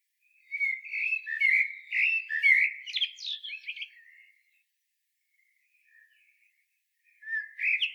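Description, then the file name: Common blackbird song: a long, run-on phrase of warbled whistles and scratchy twitters, then quiet, with a new phrase starting near the end. "Turdus merula"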